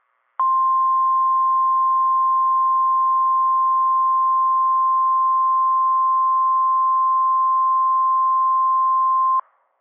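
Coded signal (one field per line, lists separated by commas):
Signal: Emergency Alert System (SAME) tones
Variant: 1050 Hz attention tone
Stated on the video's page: Storm alerts from a NOAA weather radio station.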